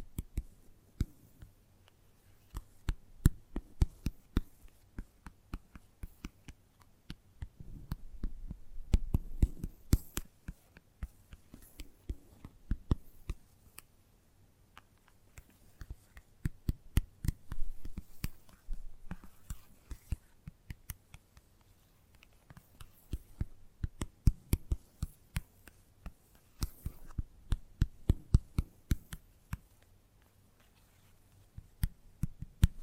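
Gentle tapping runs throughout as quick, light taps, sometimes in dense bursts and sometimes sparse. The taps come in soft clusters that swell and ease every few seconds. A low, steady hum sits underneath the whole time.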